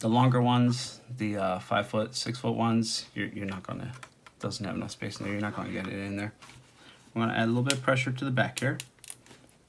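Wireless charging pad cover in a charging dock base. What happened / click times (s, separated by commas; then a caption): The glued plastic cover snapped loose / 9.1 s. Someone talks while pressing on the back of the glued charging-pad cover in the base of a 3-in-1 wireless charging dock to pry it loose. A small, sharp snap of the glue letting go sounds at 9.1 s, followed by fainter ticks. The cover is released, and it is meant to snap back in later.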